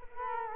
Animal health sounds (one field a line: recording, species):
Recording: mosquito wingbeat signal from an infrared sensor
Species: Culex quinquefasciatus